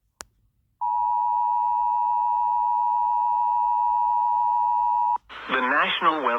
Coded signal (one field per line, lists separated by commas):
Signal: Emergency Alert System (SAME) tones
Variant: 853 and 960 Hz attention tone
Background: speech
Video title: Eas snow squall warning in Amarillo tx Eas#385